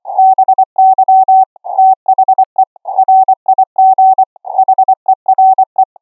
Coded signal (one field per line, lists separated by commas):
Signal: Morse code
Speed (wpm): 25 wpm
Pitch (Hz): 760 Hz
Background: none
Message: BY THE RIG HERE